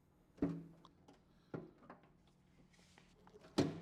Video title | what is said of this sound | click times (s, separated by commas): Step by Step Install! Kenwood / Hertz Plug n Play Amp & Speakers - 2024 Harley Davidson Street Glide | all right so I've got both of those snapped back in place | 1.5 s, 3.6 s